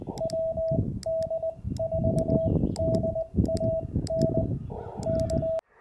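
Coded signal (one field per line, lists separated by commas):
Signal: Morse code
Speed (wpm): 20 wpm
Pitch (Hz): 650 Hz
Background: radio noise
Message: WD4DAN K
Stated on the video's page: Georgia State Parks on the Air activation, 40 m CW segment of a POTA event.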